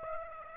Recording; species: mosquito wingbeat signal from an infrared sensor; Aedes aegypti